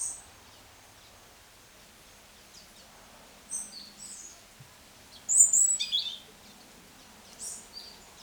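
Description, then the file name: European robin giving scattered high, thin notes and short twittering phrases separated by brief pauses, with faint background hiss. "Erithacus rubecula"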